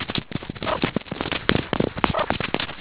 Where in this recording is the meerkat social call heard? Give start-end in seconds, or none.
none